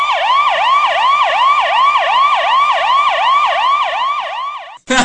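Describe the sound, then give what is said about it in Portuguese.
A police car siren yelps as the car passes along a main avenue in a city centre, in fast, repeating rising-and-falling sweeps, about three per second, loud and steady for nearly five seconds before cutting off abruptly with a short burst. “Aí eu vejo o carro da polícia passando.”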